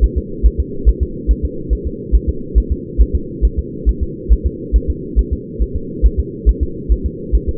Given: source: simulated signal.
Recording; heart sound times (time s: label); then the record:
fetal heart sounds
0.04 s: S1
0.18 s: S2
0.46 s: S1
0.60 s: S2
0.89 s: S1
1.03 s: S2
1.31 s: S1
1.45 s: S2
1.73 s: S1
1.87 s: S2
2.15 s: S1
2.29 s: S2
2.58 s: S1
2.72 s: S2
3.02 s: S1
3.15 s: S2
3.45 s: S1
3.59 s: S2
3.89 s: S1
4.03 s: S2
4.33 s: S1
4.46 s: S2
4.76 s: S1
4.90 s: S2
5.19 s: S1
5.33 s: S2
5.62 s: S1
5.76 s: S2
6.06 s: S1
6.20 s: S2
6.49 s: S1
6.63 s: S2
6.92 s: S1
7.06 s: S2
7.35 s: S1
7.49 s: S2
From the record:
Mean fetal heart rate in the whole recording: 140 bpm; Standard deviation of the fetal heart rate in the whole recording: 2 bpm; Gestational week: 34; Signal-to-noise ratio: -4.3 dB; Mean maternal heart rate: 72 bpm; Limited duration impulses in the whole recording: absent